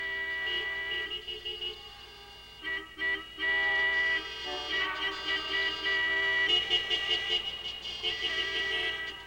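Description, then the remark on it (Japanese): Car horns honk over and over in overlapping blasts, some short toots and some long held tones, forming a loud, steady chorus of honking with no talking, from arriving cars of people coming to watch the final match. “あの車、みんな決勝戦を見に来たんだな。”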